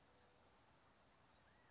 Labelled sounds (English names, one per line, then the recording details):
California Quail
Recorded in Sonoma County, California